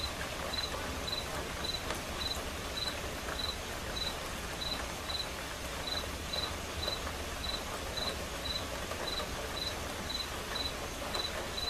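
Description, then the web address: Cricket chirps repeating evenly, high and thin, set against continuous soft rainfall. Crickets chirping along with quiet rain. "som de chuva silenciosa com acompanhamento de grilos"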